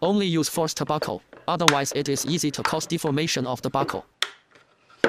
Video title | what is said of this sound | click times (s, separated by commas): How to modify upgrade controller of Autel EVO Lite+ Nano to add ALIENTECH antenna with tablet holder | doesn't require a lot of force on your part and when you hear the click sound it's stuck | 4.2 s, 5.0 s